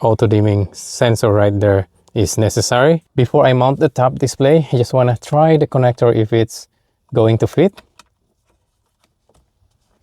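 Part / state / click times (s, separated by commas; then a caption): vehicle wiring connector into mirror dash cam socket / not seated / none. Someone talks, then test-fits a vehicle's wiring connector into the socket of an aftermarket Topdisplay 4K mirror dash cam before mounting it, and a few faint, brief handling sounds follow from about 8.0 to 9.7 seconds. The connector goes in, but nothing has clicked or seated because its locking tab does not reach the notch.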